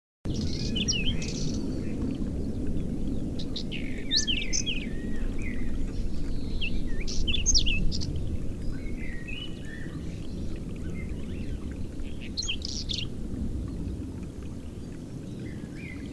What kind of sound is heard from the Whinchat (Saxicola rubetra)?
song